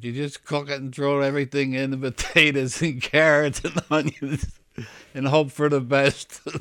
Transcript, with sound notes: You just cook it and throw everything in, the potatoes (he laughs) and carrots and onions and hope for the best.